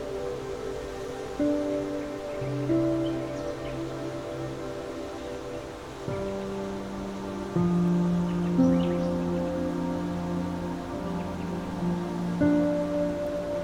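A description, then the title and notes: Soft, steady instrumental music with sustained low and mid notes that shift every second or two, over a faint continuous rustle of leaves. Meadow Serenade With Relaxing Music, Rustling Leaves & Nature Sounds.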